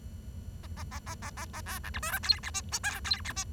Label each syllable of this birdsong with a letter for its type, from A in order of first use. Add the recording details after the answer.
A A A A A A A B C D E F G H I J K G H I. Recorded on 23 June 2012 at 10:47. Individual gr41rd51